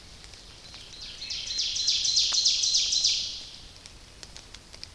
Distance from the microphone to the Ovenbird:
about 40 m